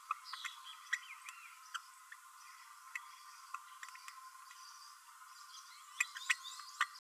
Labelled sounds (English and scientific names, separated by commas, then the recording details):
Green-rumped Parrotlet (Forpus passerinus) babbling
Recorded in a nest box in Venezuela
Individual 18B12A3